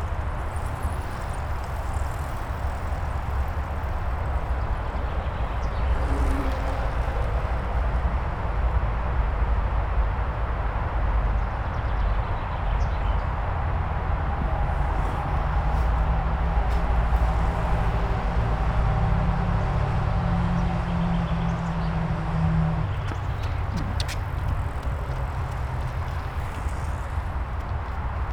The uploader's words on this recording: A Spring day on the bike path on the edge of the Grunewald. Enveloped in the ever-present hum of the Autobahn a few meters away, families and athletes enjoy the freedom of the wide path without cars, the breeze by their ears and the apparent nature around them.